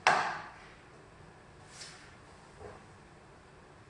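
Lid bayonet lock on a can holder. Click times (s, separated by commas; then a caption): 0.1 s. After the lid of an LCS 710 can holder is pressed down, its bayonet lock is turned until it snaps into place with a single sharp snap at 0.1 s. Two much fainter, softer sounds follow at about 1.8 s and 2.7 s. The bayonet lock is seated.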